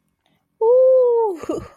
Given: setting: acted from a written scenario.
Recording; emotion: vocal sound without words; ecstasy